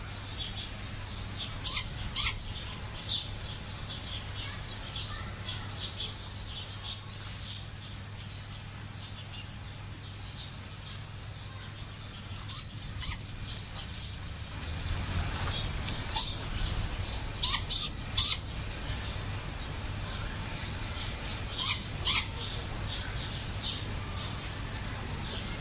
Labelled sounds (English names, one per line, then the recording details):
Great Grey Owl call
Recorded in captivity
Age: juvenile
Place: Zoo Berlin, Berlin, DE
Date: 2008-08-12 17:25
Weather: bedeckt, ca. 23°C
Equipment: Sony WM-D6C, Sennheiser ME 80, Kopie Uher 4000 Report Monitor
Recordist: Tembrock, Günter